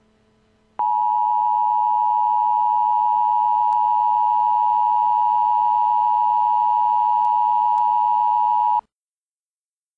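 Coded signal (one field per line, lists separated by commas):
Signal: Emergency Alert System (SAME) tones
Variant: 853 and 960 Hz attention tone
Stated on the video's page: Simulated Emergency Alert System dam break warnings for Kentucky, Arkansas and Missouri.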